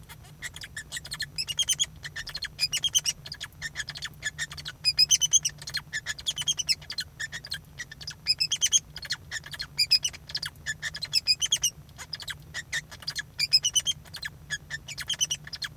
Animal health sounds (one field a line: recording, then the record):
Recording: song of a male Bengalese finch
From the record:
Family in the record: son of father 2